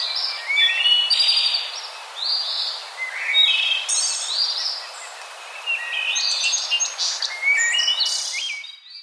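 Bird chorus with many overlapping songsters, bright chirps, rising whistles and quick trills crowding the air almost without pause.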